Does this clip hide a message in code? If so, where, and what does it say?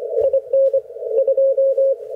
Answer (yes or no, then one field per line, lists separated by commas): yes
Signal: Morse code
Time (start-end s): 0.2-1.9 s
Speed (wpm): 26 wpm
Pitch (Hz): 540 Hz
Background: radio noise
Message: IN 2